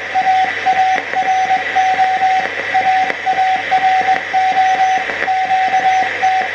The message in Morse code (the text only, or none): AARO AARO QT